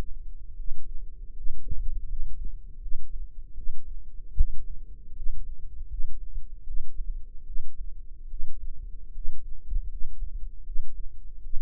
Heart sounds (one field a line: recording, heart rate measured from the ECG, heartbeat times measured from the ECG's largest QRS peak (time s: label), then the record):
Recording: heart sounds by microphone in the left ear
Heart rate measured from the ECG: 77 bpm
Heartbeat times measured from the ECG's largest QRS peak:
0.54 s: heartbeat
1.32 s: heartbeat
2.05 s: heartbeat
2.78 s: heartbeat
3.53 s: heartbeat
4.33 s: heartbeat
5.12 s: heartbeat
5.86 s: heartbeat
6.63 s: heartbeat
7.43 s: heartbeat
8.27 s: heartbeat
9.11 s: heartbeat
9.87 s: heartbeat
10.62 s: heartbeat
11.40 s: heartbeat
From the record:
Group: healthy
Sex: female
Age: 22 years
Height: 171 cm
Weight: 65.6 kg